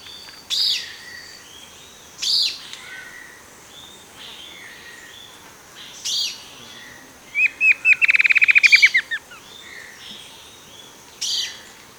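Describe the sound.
Bird calls: sharp, high chirps every few seconds, with one fast, even trill midway that falls slightly at its end.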